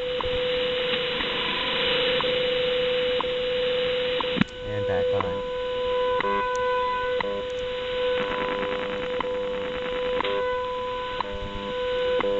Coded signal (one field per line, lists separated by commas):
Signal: radio time signal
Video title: RTL-SDR receiving HF with simple upconverter